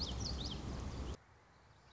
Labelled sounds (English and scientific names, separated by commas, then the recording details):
Common Yellowthroat (Geothlypis trichas)
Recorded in Sonoma County, California